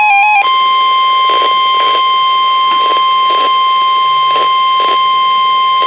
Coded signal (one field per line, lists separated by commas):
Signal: Emergency Alert System (SAME) tones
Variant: 1050 Hz attention tone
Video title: WXM60 Required Weekly Test (EAS #1,714) July 11, 2018